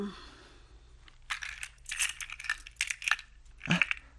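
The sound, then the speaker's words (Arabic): After a quiet start, keys jingle and clink in several bright, irregular metallic bursts as a key cabinet is opened to fetch the basement keys, with a duller knock near the end. No one speaks. “افتحي افتحي خزانة المفاتيح وهاتي مفاتيح البدروم.”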